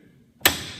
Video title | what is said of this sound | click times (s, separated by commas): Mitersaw Safety | so you hear it lock into place and then it doesn't really move | 0.5 s